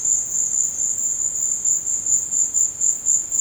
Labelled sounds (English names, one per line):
none